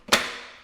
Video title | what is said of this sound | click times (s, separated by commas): This Ladder Saved Me! Little Giant Fortress Ladder Review | make sure it clicks into place, and then make sure your base is a flat surface to put the ladder on, and you're going to be ready to go. | 0.1 s